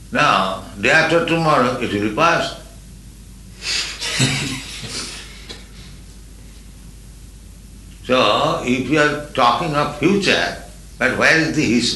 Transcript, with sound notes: Now, day after tomorrow, it will be past. [laughter] So if you are talking of future, but where is the history...?